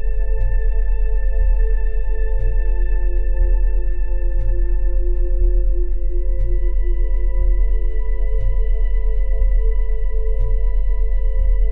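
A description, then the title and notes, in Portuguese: Binaural beats: a stack of steady, pure tones holds unchanged from low to high over a deep, constant drone. A soft pulse taps about once a second underneath, with faint ticks above, giving an even, bell-like hum that never shifts in loudness. Frequência - 1000 Hz. Batidas bineurais.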